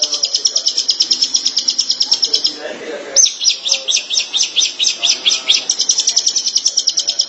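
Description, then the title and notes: Shrike singing long strings of quick, harsh high notes that break briefly before a new rattling run begins. "Suara burung pentet"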